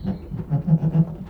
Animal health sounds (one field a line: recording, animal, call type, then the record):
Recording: contact call of a hoofed animal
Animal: goat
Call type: low-frequency (closed-mouth) or high-frequency (open-mouth) call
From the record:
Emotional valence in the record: negative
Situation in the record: food frustration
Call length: 1.29 s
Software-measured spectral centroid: 920 Hz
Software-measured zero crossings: 490 a second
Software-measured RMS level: -22 dBFS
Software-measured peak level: -7 dBFS